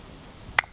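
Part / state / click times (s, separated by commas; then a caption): fixed-blade survival knife into its plastic friction-fit sheath / seated / 0.6 s. A fixed-blade survival knife, a Gerber LMF II, is pushed into its molded plastic friction-fit sheath. A quiet low rub comes just before one sharp, loud click at 0.6 s, followed by a faint tick. The blade snaps home and is seated.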